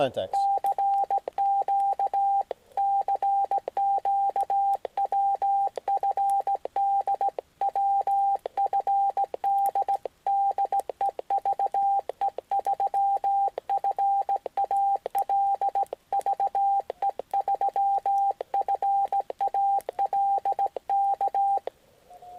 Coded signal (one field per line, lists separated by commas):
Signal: Morse code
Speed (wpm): 17 wpm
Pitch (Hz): 790 Hz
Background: speech, radio noise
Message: CQ CQ WFD WFD DE VE3FAL VE3FAL K